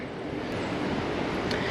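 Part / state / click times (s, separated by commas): attachment lock on a wheel loader coupler / seated / 1.5 s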